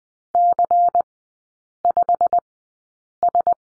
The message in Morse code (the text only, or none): C5S